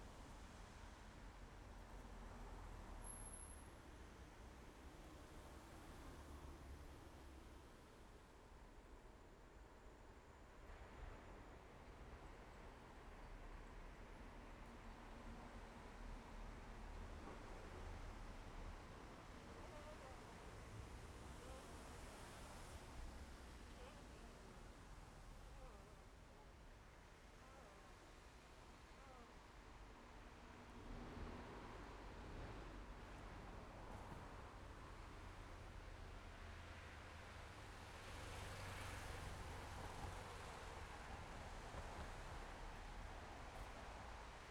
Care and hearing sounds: everyday scene through a hearing-aid microphone; in traffic; traffic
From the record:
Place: main road on the outskirts, rush hour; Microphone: behind the ear, left, rear

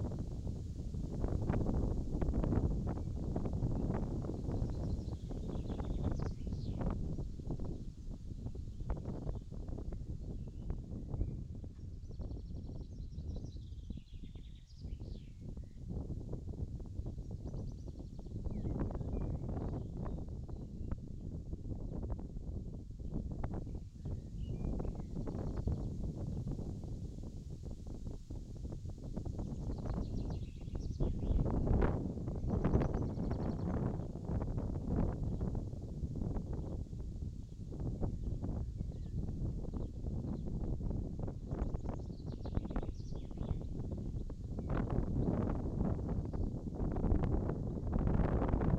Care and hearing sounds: everyday scene through a hearing-aid microphone; wind on the microphone; wind, birds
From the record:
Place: in front of a rural house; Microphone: in the ear canal, left

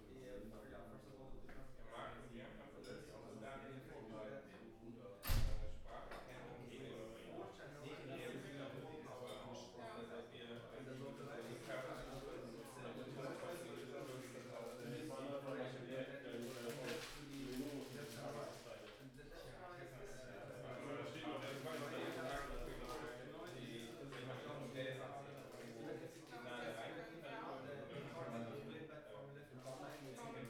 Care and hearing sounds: everyday scene through a hearing-aid microphone; many people talking; many voices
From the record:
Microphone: behind the ear, right, rear

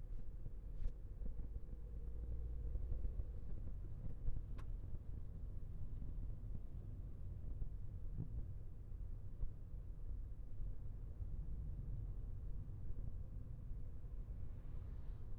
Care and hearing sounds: everyday scene through a hearing-aid microphone; in a vehicle; engine, traffic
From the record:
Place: Skoda Fabia, gasoline engine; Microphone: behind the ear, left, rear

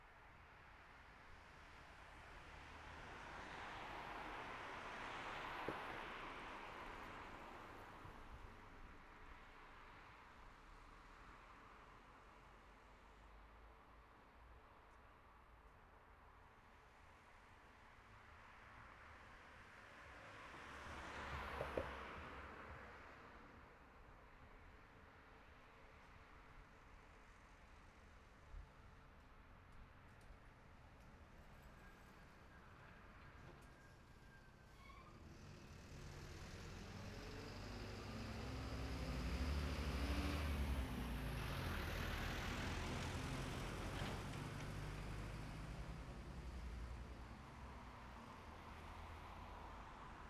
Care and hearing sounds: everyday scene through a hearing-aid microphone; in traffic; traffic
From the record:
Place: city secondary road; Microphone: behind the ear, right, front

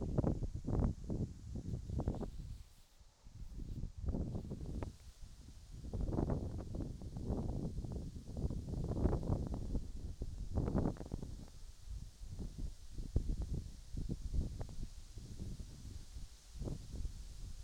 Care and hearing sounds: everyday scene through a hearing-aid microphone; wind on the microphone; wind, whistling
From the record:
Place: in front of a rural house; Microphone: in the ear canal, right

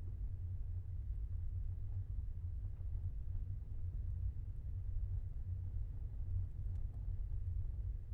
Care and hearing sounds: everyday scene through a hearing-aid microphone; in a vehicle; engine, rumble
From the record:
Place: Skoda Fabia, gasoline engine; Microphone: behind the ear, left, rear

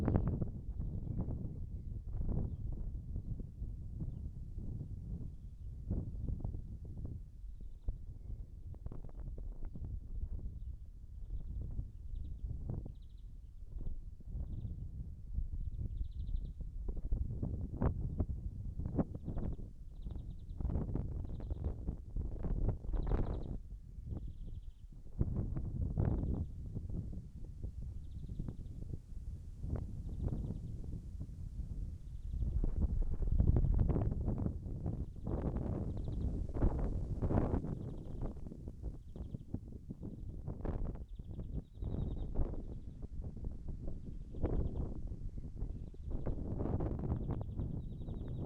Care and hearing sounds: everyday scene through a hearing-aid microphone; wind on the microphone; wind, birds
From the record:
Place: in front of a rural house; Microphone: behind the ear, right, rear

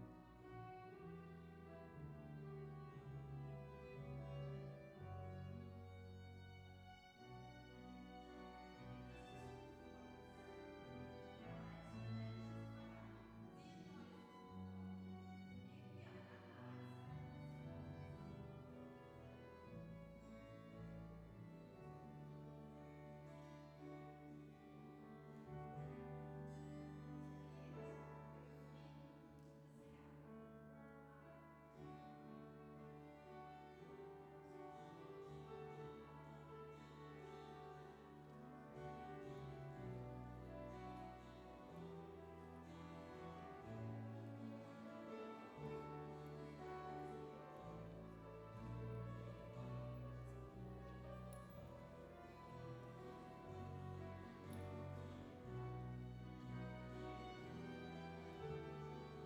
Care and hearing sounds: everyday scene through a hearing-aid microphone; reverberant space; music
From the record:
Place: church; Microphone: behind the ear, left, front

